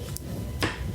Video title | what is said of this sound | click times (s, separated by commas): EVO XR03 Pearl White - Unboxing - First Impression - Specs Review - Budget Friendly Helmet? | nag-snap na, okay na yun. | 0.2 s